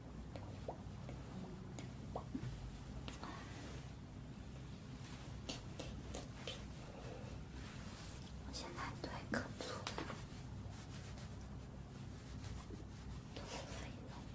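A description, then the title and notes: Ear cleaning and ear massage with a constant low rumble and rubbing underneath. Short scratchy crackles and taps come often and unevenly, thickest around the middle and near the end. The level stays even throughout, with no voice clearly standing out. ASMR Ear cleaning & Ear massage.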